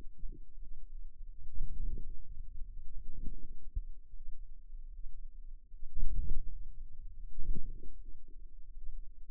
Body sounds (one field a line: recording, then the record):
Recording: forearm muscle sounds (acoustic myography)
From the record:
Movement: hand closing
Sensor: system 2, bracelet of six BSWA MPA416 microphones around the upper forearm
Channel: 3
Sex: female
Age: 23 years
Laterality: right